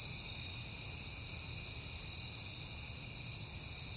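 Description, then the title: Crickets trilling continuously at high pitch in a layered chorus, with faint low background noise. Crickets on a peaceful night in September. "Night Time: Crickets and Passing Cars"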